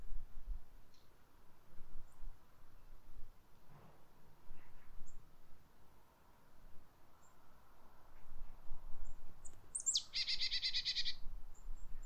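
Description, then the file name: Marsh tit call: a single sharp high note followed by a short, buzzy, repeated 'dee-dee' phrase late, over faint background noise. "Poecile palustris"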